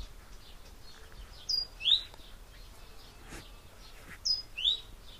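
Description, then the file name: Great tit call: high two-note phrase, a short steady tone then a rising slur, heard twice among faint chirps. "Parus major"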